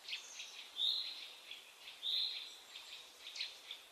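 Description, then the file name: Common chaffinch: two clear, high, short calls about a second apart, set among fainter high chirps and twittering. "Fringilla coelebs"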